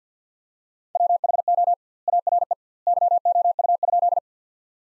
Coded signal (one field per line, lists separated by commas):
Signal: Morse code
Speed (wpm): 50 wpm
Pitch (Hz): 700 Hz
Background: none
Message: WHO ARE YOU?